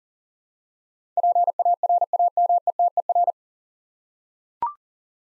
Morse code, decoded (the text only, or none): PARAMETER